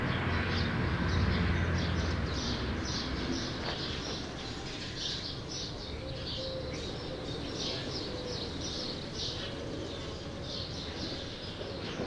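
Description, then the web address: Sparrows chattering as a flock, rapid bright chirps tumbling over one another roughly four a second, louder at first, with a low hum beneath. "True sparrows. صدای-پرنده-راستین"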